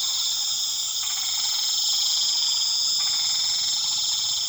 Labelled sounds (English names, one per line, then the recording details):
none
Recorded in pastures near Puerto Asís, Putumayo, Colombia, on 8 March 2025 at 20:00
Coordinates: 0.487, -76.322
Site G077